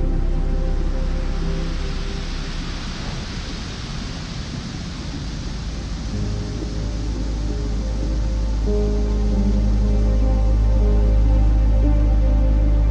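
Ocean waves wash in a steady, dense hiss that swells slightly around the middle and again toward the end. Under the surf, low sustained piano tones hold long notes, with a deep bass note growing stronger in the final seconds.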